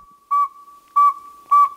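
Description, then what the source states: Northern saw-whet owl hooting: three short, even whistled toots on one steady pitch, evenly spaced. Tiny owl, eight and a half inches long, weighing less than a stick of butter; named for a sound likened to a saw being sharpened on a stone.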